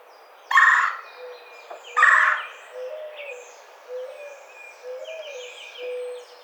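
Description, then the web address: Red-bellied woodpecker calls: two loud, harsh rolling notes in the first two and a half seconds, then softer low notes and faint higher chirps. Recorded 27 April 2009. "Red-bellied Woodpecker 2009 04 27"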